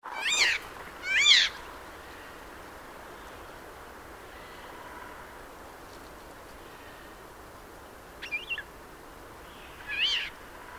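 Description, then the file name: Eurasian jay calls: two loud mewing notes close together at the start, then quieter calls after a long pause, over faint steady hiss. "Garrulus glandarius"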